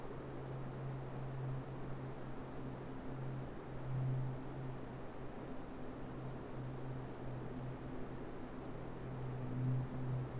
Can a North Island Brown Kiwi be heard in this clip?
no